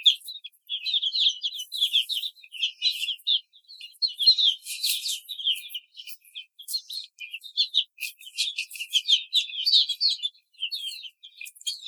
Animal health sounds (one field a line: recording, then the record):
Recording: young laying hens in a cage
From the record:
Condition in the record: treatment cage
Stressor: simulated dog barking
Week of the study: 5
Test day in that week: 1